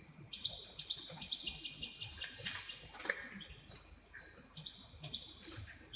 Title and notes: Nature Sounds Tasmania - Dover Wrens. The sounds of dozens of wrens in the backyard of a home in Dover, southern Tasmania